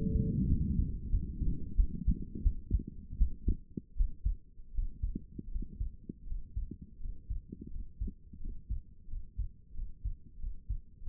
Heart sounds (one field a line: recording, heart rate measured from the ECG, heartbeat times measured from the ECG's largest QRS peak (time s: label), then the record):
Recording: heart sounds by stethoscope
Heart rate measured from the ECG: 85 bpm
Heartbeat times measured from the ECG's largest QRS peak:
0.47 s: heartbeat
1.09 s: heartbeat
1.75 s: heartbeat
2.42 s: heartbeat
3.17 s: heartbeat
3.96 s: heartbeat
4.73 s: heartbeat
5.50 s: heartbeat
6.26 s: heartbeat
6.99 s: heartbeat
7.69 s: heartbeat
8.39 s: heartbeat
9.07 s: heartbeat
9.73 s: heartbeat
10.38 s: heartbeat
11.01 s: heartbeat
From the record:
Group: healthy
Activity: Valsalva maneuver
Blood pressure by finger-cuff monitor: 117/66 mmHg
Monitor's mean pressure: 84 mmHg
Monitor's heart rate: 86 bpm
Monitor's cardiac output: 7.1 L/min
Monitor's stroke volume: 82 mL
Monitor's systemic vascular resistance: 860 dyn s/cm5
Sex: female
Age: 22 years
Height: 154 cm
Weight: 58.7 kg